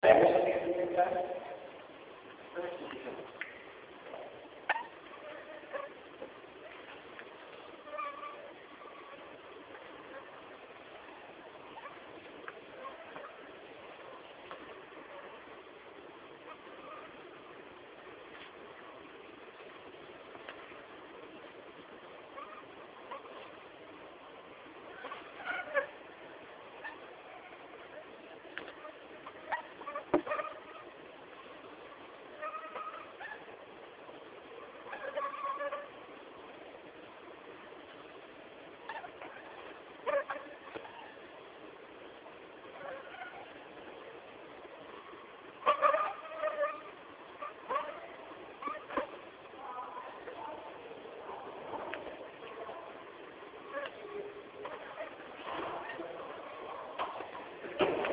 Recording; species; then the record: mosquito flight sound by mobile phone; Anopheles stephensi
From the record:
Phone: Samsung T209